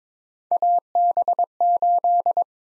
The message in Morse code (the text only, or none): AB8